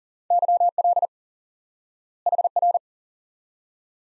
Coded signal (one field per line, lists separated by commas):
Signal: Morse code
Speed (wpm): 40 wpm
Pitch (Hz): 700 Hz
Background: none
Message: YL HR